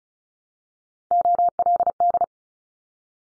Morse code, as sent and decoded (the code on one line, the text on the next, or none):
--- .-.. -..
OLD